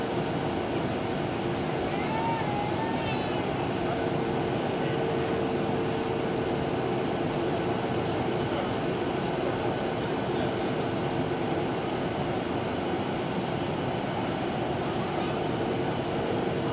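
A Boeing 737-800 on approach and landing: a dense, steady roar of engine and air noise fills the whole clip at constant loudness. A faint thin tone holds in the middle throughout, and a brief rising whine sweeps upward around two seconds.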